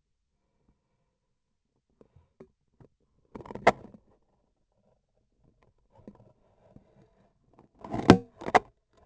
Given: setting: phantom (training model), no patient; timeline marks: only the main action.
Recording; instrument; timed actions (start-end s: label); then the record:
laparoscopic instrument, vibration sensor on the handle end; scissors
3.20-4.22 s: cutting foam
7.70-8.34 s: cutting foam
From the record:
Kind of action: gesture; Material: foam